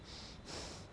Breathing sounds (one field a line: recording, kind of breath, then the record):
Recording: one breath in and out by a microphone near the nose and mouth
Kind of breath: strong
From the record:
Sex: male